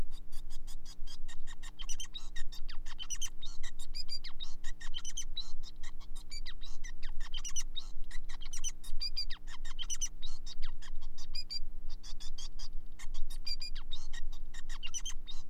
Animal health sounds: song of a male Bengalese finch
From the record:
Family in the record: son of father 5

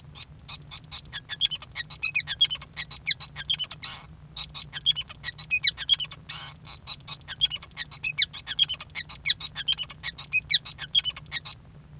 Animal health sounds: song of a male Bengalese finch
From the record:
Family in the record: son of father 5

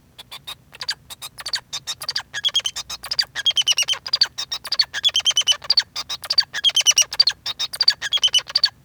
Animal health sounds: song of a male Bengalese finch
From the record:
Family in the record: son of father 2

